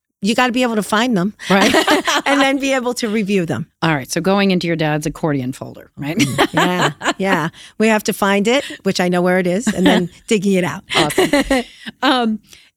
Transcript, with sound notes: You got to be able to find them and then be able to review them.
All right, so going into your dad's accordion folder.
[LAUGHTER] Yeah, we have to find it, which I know where it is, and then digging it out.
Awesome.